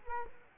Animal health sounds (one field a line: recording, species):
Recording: mosquito wingbeat signal from an infrared sensor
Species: Culex quinquefasciatus